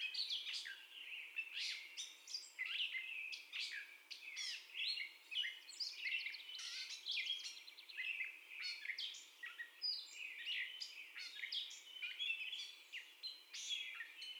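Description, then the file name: Catbird singing a long, continuous mix of squeaky, mewing and chattering notes with barely any breaks. First song, recorded 30 May 2021. "2021-05-30 Catbird First Song"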